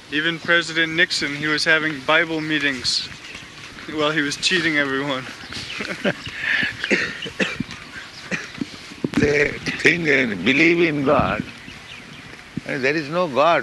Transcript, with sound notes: Even President Nixon, he was having Bible meetings while he was cheating everyone. [Prabhupāda chuckles]
They think in..., believe in God, and "There is no God;